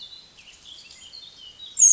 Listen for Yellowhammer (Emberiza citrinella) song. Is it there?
no